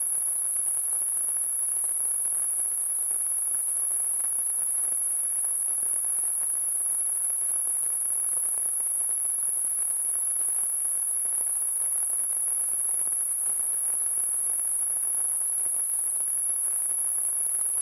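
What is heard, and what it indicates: A steady, very high-pitched narrow whistle lasts the full 18 seconds without a break, over a faint hiss of background noise. It is a simulated tinnitus sound, meant to imitate the constant ringing a person with tinnitus hears.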